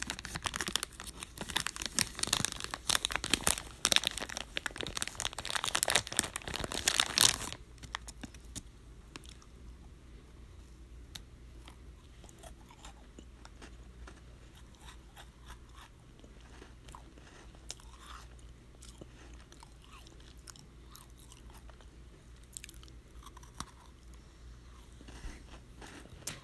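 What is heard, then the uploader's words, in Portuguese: A packet crinkles loudly for the first seven seconds, then soft biscuit chewing continues with scattered crunches. Som de embalagem sendo aberta e mastigação de biscoito. Som de mastigação.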